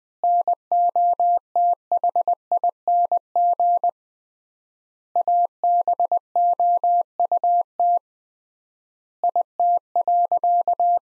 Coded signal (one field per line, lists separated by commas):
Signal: Morse code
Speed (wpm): 20 wpm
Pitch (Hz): 700 Hz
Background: none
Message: NOTHING ABOUT IT.